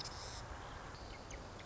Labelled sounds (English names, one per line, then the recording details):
Marsh Wren
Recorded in Sonoma County, California